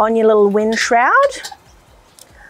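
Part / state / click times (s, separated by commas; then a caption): pot support into the wind shroud of a gas camping cooker / seated / 2.2 s. Someone talks as the metal pot support of a Dometic Cadac Safari Chef 30 gas camping cooker is pushed into the three small notches on the stove's wind shroud. After the talking stops, a single sharp tick comes at 2.2 s as the pot support locks into place in the notches.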